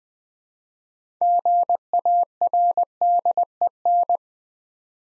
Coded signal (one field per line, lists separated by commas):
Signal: Morse code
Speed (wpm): 20 wpm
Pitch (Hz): 700 Hz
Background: none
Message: GARDEN